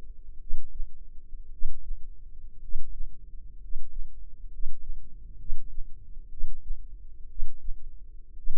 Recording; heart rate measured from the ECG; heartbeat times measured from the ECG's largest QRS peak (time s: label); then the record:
heart sounds by microphone in the left ear; 60 bpm
0.38 s: heartbeat
1.49 s: heartbeat
2.58 s: heartbeat
3.57 s: heartbeat
4.48 s: heartbeat
5.36 s: heartbeat
6.28 s: heartbeat
7.26 s: heartbeat
8.34 s: heartbeat
From the record:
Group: healthy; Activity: cold pressor test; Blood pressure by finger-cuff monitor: 97/52 mmHg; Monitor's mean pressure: 64 mmHg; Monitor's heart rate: 61 bpm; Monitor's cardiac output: 5.3 L/min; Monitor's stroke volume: 86 mL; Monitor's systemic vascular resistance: 850 dyn s/cm5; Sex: male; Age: 25 years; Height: 170 cm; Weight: 70.4 kg